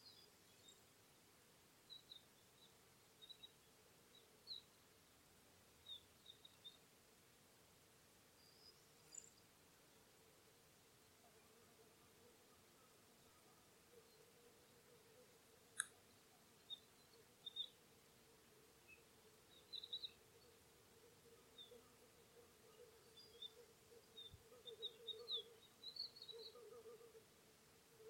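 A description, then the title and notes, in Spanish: Corn buntings, little bustards and bee-eaters call over open spring cereal fields, heard as short, scattered high chirps and trills throughout, busier toward the end. A low steady hum runs underneath, with a sharp click near sixteen seconds and a faint thump around twenty-four. Primavera entre campos de cereales. A finales de Abril y con el verde de las primeras espigas de cereal podemos escuchar la alegría de los cantos del escribano triguero, el sisón, los abejarucos...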